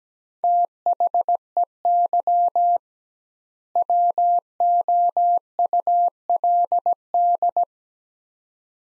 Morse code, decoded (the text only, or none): THEY WOULD